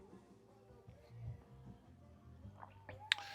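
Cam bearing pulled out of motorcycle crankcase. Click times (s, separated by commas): 3.1 s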